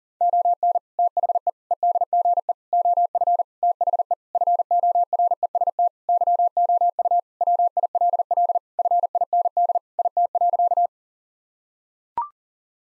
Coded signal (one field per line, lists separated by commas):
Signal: Morse code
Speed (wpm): 40 wpm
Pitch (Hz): 700 Hz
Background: none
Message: ON THE EDGE OF THE FOREST YOU WILL FIND IT.